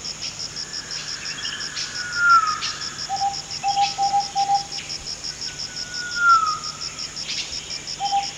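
Fluffy-backed tit-babbler repeating descending whistles and brief runs of low hollow notes, set against a continuous shrill insect trill.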